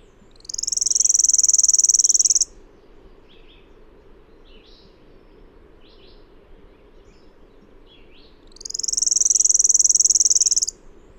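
Bird song: two bursts of a shrill, fast buzzing trill, each near two seconds, separated by several seconds of faint, brief chirps.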